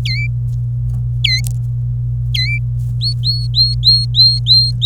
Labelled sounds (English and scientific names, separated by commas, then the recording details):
Domestic Canary (Serinus canaria) song
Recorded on 26 April 2018 at 11:30
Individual llb3